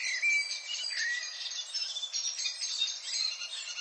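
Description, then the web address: Redwing twittering song, a busy high-pitched chatter with a couple of brief clear whistled notes near the start. "HGW birds \ \aves Rodvingetrast"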